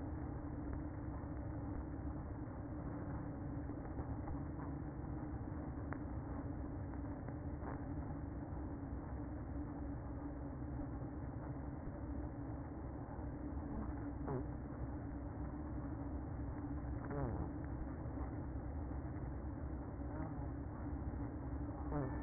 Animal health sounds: honeybee colony, microphone inside the hive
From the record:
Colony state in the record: queen present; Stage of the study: after two queens were removed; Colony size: about 60,000 bees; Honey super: yes

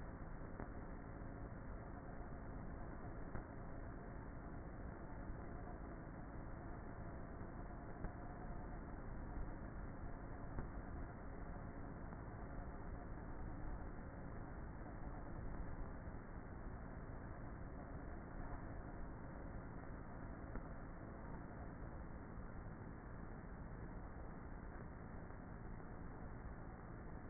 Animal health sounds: honeybee colony, microphone inside the hive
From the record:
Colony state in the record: queenless with a low population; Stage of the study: before two queens were removed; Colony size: about 30,000 bees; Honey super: no

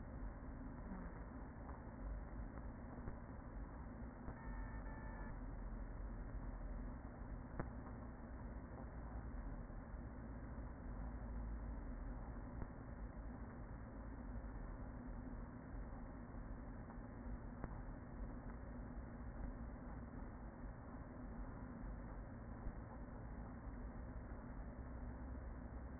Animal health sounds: honeybee colony, microphone inside the hive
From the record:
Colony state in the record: queen present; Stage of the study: after two queens were removed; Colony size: about 40,000 bees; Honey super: no

